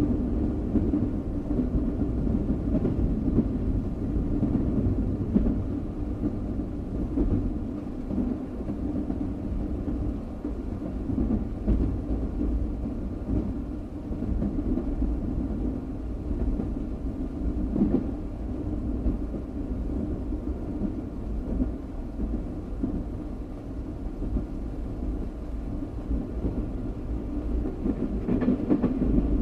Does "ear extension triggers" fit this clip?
no